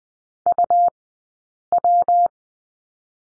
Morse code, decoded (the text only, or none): UW